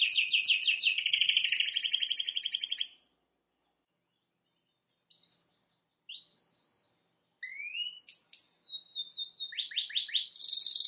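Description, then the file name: Canary song: a three-second pulsed trill, then silence, scattered thin whistled notes, rising and falling slurs, and a burst of descending sweeps into a final trill. "Canary Voice"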